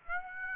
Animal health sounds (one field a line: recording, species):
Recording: mosquito wingbeat signal from an infrared sensor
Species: Aedes aegypti